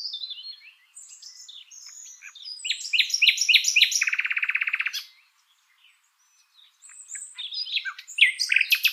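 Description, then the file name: Common nightingale song: varied whistles and repeated sharp notes leading into a long buzzy trill, a pause, then new loud notes. "Luscinia megarhynchos"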